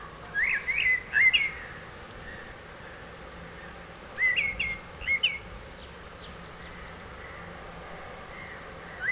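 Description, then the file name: Common blackbird song: short warbled, fluting phrases separated by pauses, with faint high notes after. "Turdus merula"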